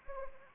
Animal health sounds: mosquito wingbeat signal from an infrared sensor; Anopheles arabiensis

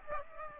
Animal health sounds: mosquito wingbeat signal from an infrared sensor; Aedes aegypti

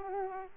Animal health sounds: mosquito wingbeat signal from an infrared sensor; Aedes aegypti

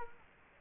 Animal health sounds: mosquito wingbeat signal from an infrared sensor; Culex quinquefasciatus

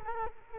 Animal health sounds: mosquito wingbeat signal from an infrared sensor; Culex quinquefasciatus

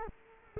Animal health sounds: mosquito wingbeat signal from an infrared sensor; Culex quinquefasciatus

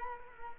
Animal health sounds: mosquito wingbeat signal from an infrared sensor; Culex quinquefasciatus

